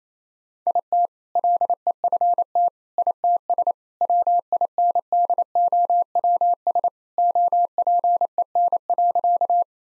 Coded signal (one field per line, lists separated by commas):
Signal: Morse code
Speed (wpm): 28 wpm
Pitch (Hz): 700 Hz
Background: none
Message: IT LEFT ITS WINDOWS OPEN.